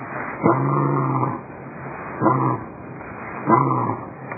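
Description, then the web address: Lion giving deep, moaning grunts, three calls each under a second long, spaced roughly one to two seconds apart. "Eclipse lion"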